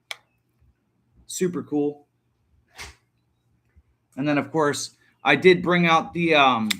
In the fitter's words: Love how it sits in the sheath too. Just pops right in.